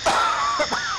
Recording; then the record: coughing mixed with background sound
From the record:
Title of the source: Heavy cold and sore throat coughing.